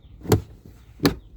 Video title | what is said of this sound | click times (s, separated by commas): How to Replace SRS Airbag Control Unit in Kia Sportage | Then, press firmly along the front edge of the panel until all the clips snap into place. | 0.3 s, 1.1 s